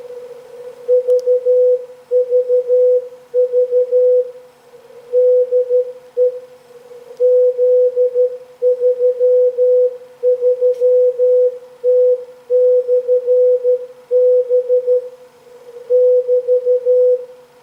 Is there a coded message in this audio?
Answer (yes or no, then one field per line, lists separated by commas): yes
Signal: Morse code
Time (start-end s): 0.9-17.2 s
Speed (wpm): 13 wpm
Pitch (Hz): 500 Hz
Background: none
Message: VVV DE Z33T/B <BT>